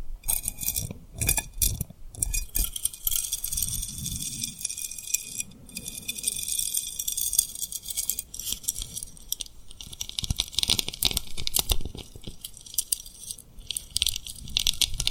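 Rhinestones are tapped and rubbed in quick, uneven bursts, giving bright clicking and scratchy glittering sounds throughout. Soft low lip sounds and brief pauses break up the steady tapping, which grows busier and more continuous after about ten seconds.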